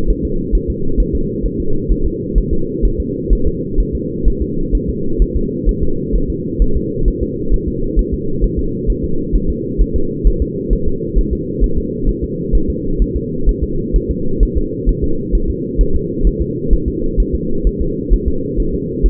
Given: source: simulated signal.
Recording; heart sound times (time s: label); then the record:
fetal heart sounds
0.10 s: S1
0.25 s: S2
0.55 s: S1
0.70 s: S2
1.00 s: S1
1.15 s: S2
1.45 s: S1
1.60 s: S2
1.91 s: S1
2.06 s: S2
2.38 s: S1
2.53 s: S2
2.85 s: S1
3.00 s: S2
3.33 s: S1
3.47 s: S2
3.80 s: S1
3.95 s: S2
4.28 s: S1
4.42 s: S2
4.75 s: S1
4.89 s: S2
5.22 s: S1
5.36 s: S2
5.69 s: S1
5.83 s: S2
6.15 s: S1
6.30 s: S2
6.62 s: S1
6.76 s: S2
7.08 s: S1
7.23 s: S2
7.54 s: S1
7.68 s: S2
7.99 s: S1
8.14 s: S2
8.44 s: S1
8.59 s: S2
8.90 s: S1
9.04 s: S2
9.35 s: S1
9.50 s: S2
9.81 s: S1
9.96 s: S2
10.27 s: S1
10.42 s: S2
10.73 s: S1
10.88 s: S2
11.18 s: S1
11.33 s: S2
11.64 s: S1
11.78 s: S2
12.09 s: S1
12.24 s: S2
12.55 s: S1
12.70 s: S2
13.02 s: S1
13.16 s: S2
13.49 s: S1
13.63 s: S2
13.96 s: S1
14.11 s: S2
14.43 s: S1
14.57 s: S2
14.89 s: S1
15.04 s: S2
15.35 s: S1
15.50 s: S2
15.81 s: S1
15.95 s: S2
16.27 s: S1
16.42 s: S2
16.73 s: S1
16.88 s: S2
17.20 s: S1
17.35 s: S2
17.67 s: S1
17.81 s: S2
18.13 s: S1
18.28 s: S2
18.60 s: S1
18.74 s: S2
19.06 s: S1
From the record:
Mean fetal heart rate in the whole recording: 130 bpm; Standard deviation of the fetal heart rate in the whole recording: 2 bpm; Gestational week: 36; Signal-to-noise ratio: -8.1 dB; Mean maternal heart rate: 72 bpm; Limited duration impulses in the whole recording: absent